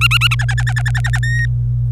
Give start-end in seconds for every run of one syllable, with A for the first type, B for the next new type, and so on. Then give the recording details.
0.01-0.35 A, 0.39-1.19 B, 1.23-1.45 C. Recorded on 25 April 2018 at 14:07. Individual llb3